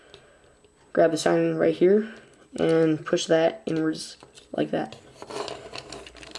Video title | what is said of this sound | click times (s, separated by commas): Animated Battle Begins Optimus Prime | then we'll grab the siren right the sirens right here fold that down until it snaps into place | 0.1 s